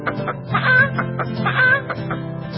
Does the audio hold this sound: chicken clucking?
yes